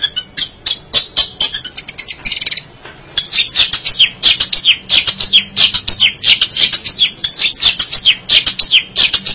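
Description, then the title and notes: Shrike song made of rapid, mixed high chirps, squeaks and harsh notes, pausing briefly before a busy, jumbled chatter resumes. "Suara burung pentet"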